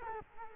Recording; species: mosquito wingbeat signal from an infrared sensor; Culex quinquefasciatus